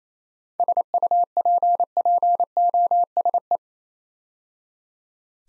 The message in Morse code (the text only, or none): SUPPOSE